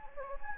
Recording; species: mosquito wingbeat signal from an infrared sensor; Anopheles gambiae